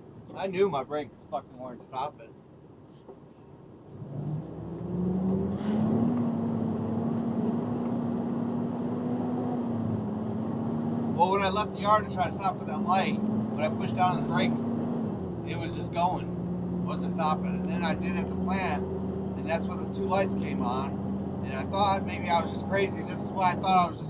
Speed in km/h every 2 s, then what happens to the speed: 10, 5, 8, 21, 32, 42, 48, 55, 60, 63, 64, 66.
3-24 speeds up to 66.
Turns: 2-9.